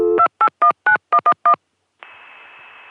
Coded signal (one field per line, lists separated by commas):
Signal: DTMF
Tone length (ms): 80 ms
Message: 2819111